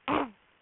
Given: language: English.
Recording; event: throat vibration sensor signal played as sound; throat clearing